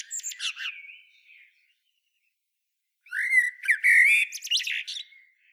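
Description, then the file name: Common blackbird singing: a twittered ending fades, then after silence a new low fluty phrase rises into scratchy high twitters. "Turdus merula"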